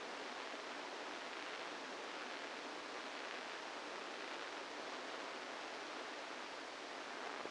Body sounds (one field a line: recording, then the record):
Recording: brain microelectrode recording played as sound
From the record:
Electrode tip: inside the subthalamic nucleus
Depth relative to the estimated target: -1 mm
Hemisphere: left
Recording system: NeuroSet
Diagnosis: Parkinson's disease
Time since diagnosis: 8 years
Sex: male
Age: 65 years